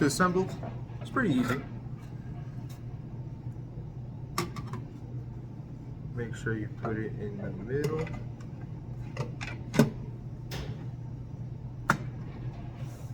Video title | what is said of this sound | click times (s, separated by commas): 3 slices product/machine | push it till it clicks in 6 o00 don't forget | 11.9 s